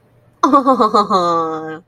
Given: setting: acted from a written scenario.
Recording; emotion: vocal sound without words; adoration